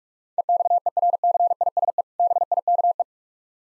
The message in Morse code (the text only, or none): EXERCISE BIKE